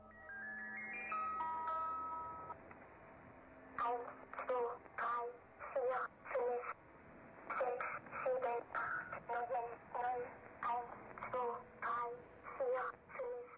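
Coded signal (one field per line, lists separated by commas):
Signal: numbers station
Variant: Swedish Rhapsody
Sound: short music-box style melody, then a high voice reading short evenly spaced number words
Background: radio static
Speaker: This station sounds innocent enough. After all, it's only a symphonic rhapsody composed in 1903, but the rhapsody put on its spy mask and became a frequent interval signal on a number station.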